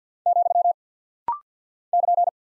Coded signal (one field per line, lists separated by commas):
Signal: Morse code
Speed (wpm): 50 wpm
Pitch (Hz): 700 Hz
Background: none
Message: , <KN>